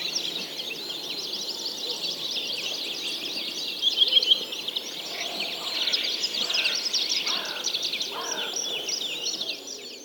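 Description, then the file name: Birds in full chorus, a thick layer of high chattering and twittering notes, with some lower downslurred calls breaking through in the second half. Many birds singing together. "Digiffects Sound Effects Library - Many Birds Singing"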